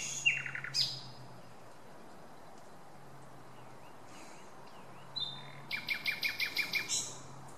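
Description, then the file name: Common nightingale song with an opening run of descending notes, a pause with a low hum, then a steady series of loud pulsed notes. "Luscinia megarhynchos"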